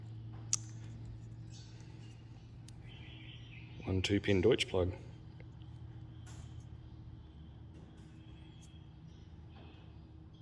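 An assembled two-pin Deutsch plug, its pins locked in place by a green wedge, is pushed together with its mating receptacle. A sharp latch snap is heard at 0.5 s as the plug halves seat, and someone then talks over low background noise.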